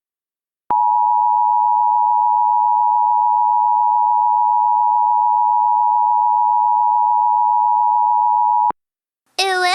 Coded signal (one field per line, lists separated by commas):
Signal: Emergency Alert System (SAME) tones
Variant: 853 and 960 Hz attention tone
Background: speech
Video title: EAS Mock: uwu